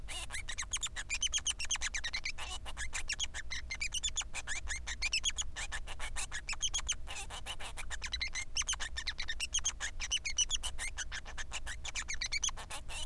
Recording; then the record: song of a male Bengalese finch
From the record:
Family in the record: son of father 3